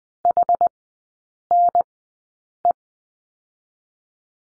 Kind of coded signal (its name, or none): Morse code